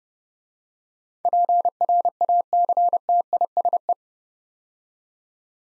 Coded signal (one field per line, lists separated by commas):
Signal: Morse code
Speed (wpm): 30 wpm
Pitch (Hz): 700 Hz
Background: none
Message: PRACTISE